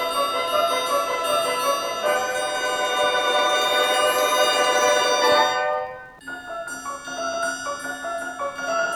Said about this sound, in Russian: Вдруг раздался звон серебряный.